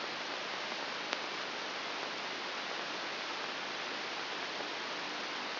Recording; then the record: brain microelectrode recording played as sound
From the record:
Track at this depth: inside the subthalamic nucleus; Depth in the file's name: 5.401 mm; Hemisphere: right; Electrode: 3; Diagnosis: Parkinson's disease